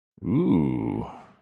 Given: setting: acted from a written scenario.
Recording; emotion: vocal sound without words; desire